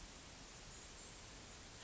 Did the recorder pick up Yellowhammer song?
no